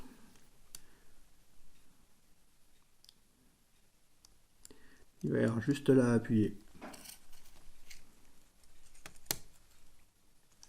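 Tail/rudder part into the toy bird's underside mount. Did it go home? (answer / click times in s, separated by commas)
yes / 9.3 s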